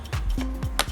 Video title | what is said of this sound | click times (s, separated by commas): UNBOXING OF POLARPRO CINEMA SERIES AND LIMITED COLLECTION DJI OSMO POCKET FILTERS | so you can hear the click of the magnet once you open the box so | 0.8 s